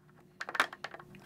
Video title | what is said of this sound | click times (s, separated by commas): HJC i71 Full Face Motorcycle Helmet Review from SportbikeTrackGear.com | kind of feel a little click | 0.6 s